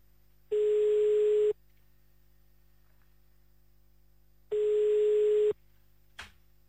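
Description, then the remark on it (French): A telephone ringback tone on a call to Herstal: two long, steady mid-pitched buzzing rings separated by a few seconds of silence, followed by a short click as the line is picked up. “Alors attention, direction Herstal maintenant, c'est parti, on compose et ça ne sonne pas. Téléphone pas. Ah si, voilà, ça y est.”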